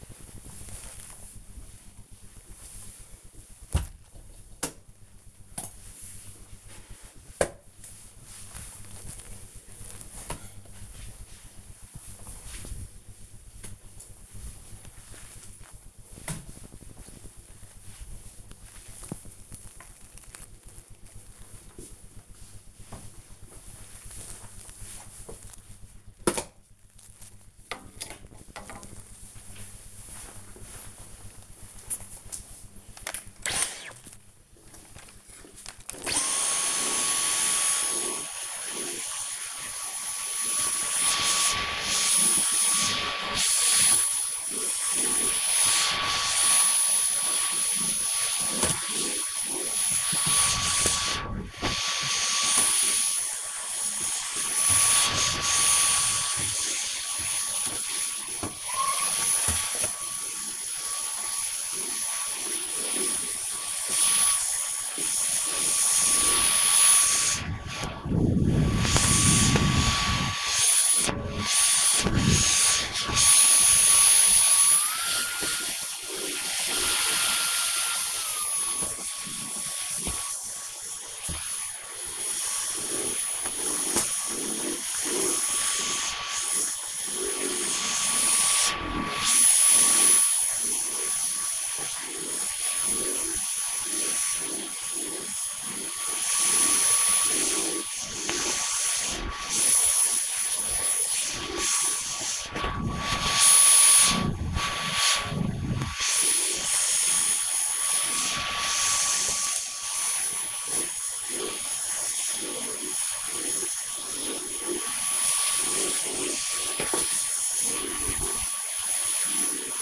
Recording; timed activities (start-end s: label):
household activities, microphone on the right wrist
0.00-23.61 s: floor cleaning
32.69-119.82 s: vacuum cleaning